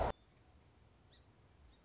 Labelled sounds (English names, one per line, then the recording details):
Song Sparrow
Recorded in Sonoma County, California